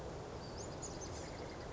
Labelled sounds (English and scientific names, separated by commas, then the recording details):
Western Flycatcher (Empidonax difficilis)
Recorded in Sonoma County, California